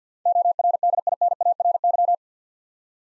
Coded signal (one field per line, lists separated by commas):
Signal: Morse code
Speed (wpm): 52 wpm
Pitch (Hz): 700 Hz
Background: none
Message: ORDINARY